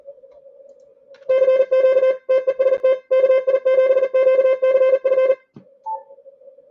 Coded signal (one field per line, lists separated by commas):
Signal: Morse code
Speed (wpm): 40 wpm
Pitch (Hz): 520 Hz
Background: none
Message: CQ TEST KI7QCF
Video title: ARRL Inter. DX Contest, CW